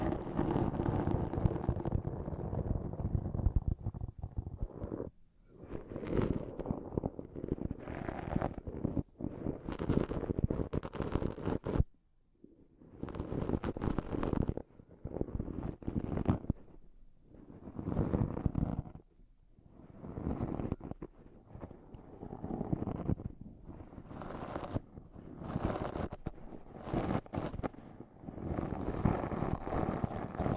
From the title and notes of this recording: TimASMR- Intense hard and soft stabs on the microphone (without speaking).